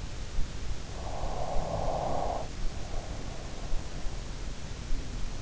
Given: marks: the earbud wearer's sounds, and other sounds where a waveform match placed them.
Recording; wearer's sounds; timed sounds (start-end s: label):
sounds in sleep by an in-ear microphone; breath, snoring breath
0.97-4.07 s: breath
1.64-2.09 s: snoring breath
4.57-5.12 s: snoring breath